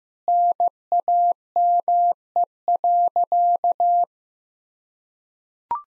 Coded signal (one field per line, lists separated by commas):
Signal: Morse code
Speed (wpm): 15 wpm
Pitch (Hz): 700 Hz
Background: none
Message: NAME.